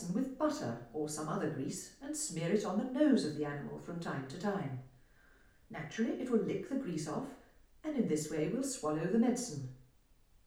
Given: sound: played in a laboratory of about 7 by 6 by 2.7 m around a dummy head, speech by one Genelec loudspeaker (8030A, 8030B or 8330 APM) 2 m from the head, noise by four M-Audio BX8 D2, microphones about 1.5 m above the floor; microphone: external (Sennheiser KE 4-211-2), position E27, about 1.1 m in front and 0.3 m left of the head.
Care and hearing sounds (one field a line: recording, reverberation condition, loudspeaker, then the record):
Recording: female speech in English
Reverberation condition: medium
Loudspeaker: 150 degrees to the left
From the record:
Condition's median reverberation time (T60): about 510 ms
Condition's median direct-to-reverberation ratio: about -0.5 dB